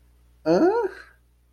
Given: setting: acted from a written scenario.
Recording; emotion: vocal sound without words; confusion